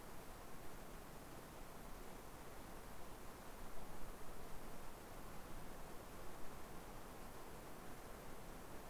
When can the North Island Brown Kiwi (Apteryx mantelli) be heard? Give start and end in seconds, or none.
none